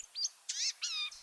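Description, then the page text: Blue-gray Gnatcatcher with a few high, nasal, wheezy notes: a short thin chip, then two longer buzzy calls. Slim 4½-inch bird of the East, Midwest and parts of the West; forages actively in trees and bushes for small bugs, often hovering briefly and flaring its long black-and-white tail. "BirdNote Daily Podcast - Blue-gray Gnatcatcher"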